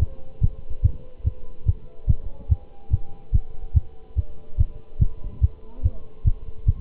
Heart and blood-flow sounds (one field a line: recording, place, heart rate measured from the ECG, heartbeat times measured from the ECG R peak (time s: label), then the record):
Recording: heart sounds by stethoscope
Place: between the tricuspid and mitral areas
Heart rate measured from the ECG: 144 bpm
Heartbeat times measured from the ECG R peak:
0.01 s: heartbeat
0.43 s: heartbeat
0.84 s: heartbeat
1.26 s: heartbeat
1.67 s: heartbeat
2.09 s: heartbeat
2.51 s: heartbeat
2.93 s: heartbeat
3.34 s: heartbeat
3.76 s: heartbeat
4.18 s: heartbeat
4.59 s: heartbeat
5.01 s: heartbeat
5.43 s: heartbeat
5.84 s: heartbeat
6.26 s: heartbeat
6.68 s: heartbeat
From the record:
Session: Bruce protocol treadmill stress test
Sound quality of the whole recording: good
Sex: male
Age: 25 years